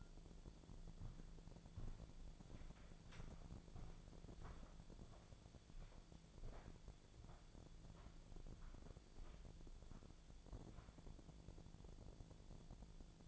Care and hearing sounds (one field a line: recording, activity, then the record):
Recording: daily activity, microphone in the room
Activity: walk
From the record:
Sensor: 5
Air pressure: 1008.4 hPa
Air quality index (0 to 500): 152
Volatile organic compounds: 3 ppm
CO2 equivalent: 1466 ppm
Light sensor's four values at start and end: 65/181/71/72 and 65/181/71/72